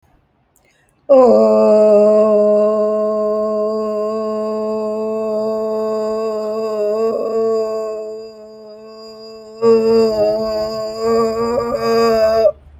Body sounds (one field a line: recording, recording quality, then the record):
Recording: sustained vowel as in boot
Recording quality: excellent, no background noise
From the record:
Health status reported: respiratory illness, not identified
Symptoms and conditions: asthma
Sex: female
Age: 69 years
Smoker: not ticked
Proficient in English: yes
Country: India